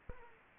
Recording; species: mosquito wingbeat signal from an infrared sensor; Aedes aegypti